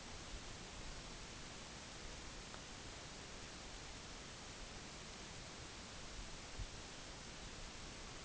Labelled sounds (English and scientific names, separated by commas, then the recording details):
none
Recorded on Arctic tundra, site NAIT-1, on 25 June 2019
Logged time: 22:00